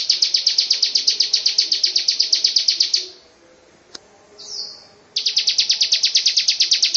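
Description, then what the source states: Lovebird chattering song, fast high shrill notes for three seconds, a pause with a short click and a brief squeak, then the rapid chatter resumes. Long ngekek song (ngekek panjang) style.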